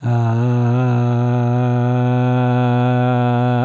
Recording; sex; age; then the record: sustained vowel /a/; male; 70 to 79 years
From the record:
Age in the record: 78 years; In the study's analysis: included